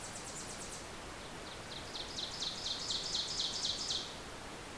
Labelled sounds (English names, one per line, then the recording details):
Ovenbird song
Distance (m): 40 m
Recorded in boreal forest in Alberta, Canada, on 26 May 2016 at 08:11
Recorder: SongMeter 3, array SBT-3-15
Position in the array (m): 54 m, 222 m
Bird 20